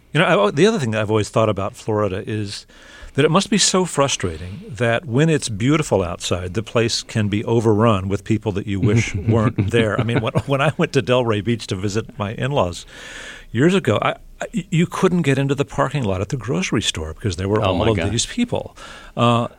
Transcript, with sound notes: You know, the other thing that I've always thought about Florida is that it must be so frustrating that when it's beautiful outside, the place can be overrun with people that you wish weren't there.
(Laughter).
I mean, when I went to Delray Beach to visit my in-laws years ago, you couldn't get into the parking lot at the grocery store because there were all of these people.